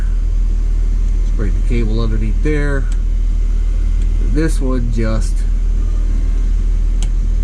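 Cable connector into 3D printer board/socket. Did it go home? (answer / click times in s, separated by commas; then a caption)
yes / 7.0 s. During final assembly of a rebuilt 3D printer, a plastic cable connector is pushed into its socket on the printer board after the cable is routed underneath. Someone talks over a steady low rumble, then one sharp, short click sounds at 7.0 s as the connector seats in place.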